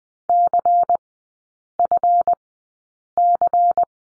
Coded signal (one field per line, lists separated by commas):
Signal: Morse code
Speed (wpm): 20 wpm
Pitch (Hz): 700 Hz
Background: none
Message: CFC